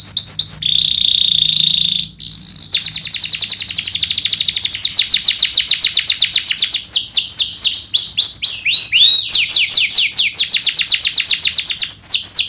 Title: Kenari Gacor Cengkok Isian Paling Mewah Kenarigacor Kicaumania Kenari